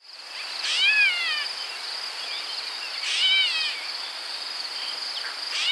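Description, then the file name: Grey catbird mewing with a nasal, descending cat-like note, two full calls and the start of a third about two and a half seconds apart, insects droning steadily. "Dumetella carolinensis - Grey Catbird"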